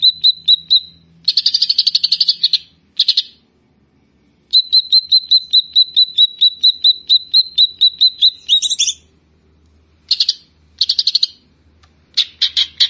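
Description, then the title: Grey-cheeked bulbul producing long even series of short high notes broken by dense buzzy rattles and a few sharp chirps. "Kicau Burung Cucak Jenggot"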